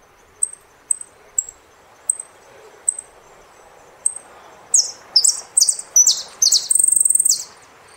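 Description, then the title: Saffron finch song: single sharp high chips, then loud slurred downward notes that end in a buzzy trill. "Jilguero Argentino"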